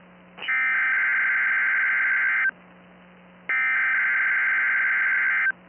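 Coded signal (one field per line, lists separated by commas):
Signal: Emergency Alert System (SAME) tones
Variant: header bursts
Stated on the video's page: NOAA Weather Radio required weekly tests received on a WR120 weather radio receiver that activates late.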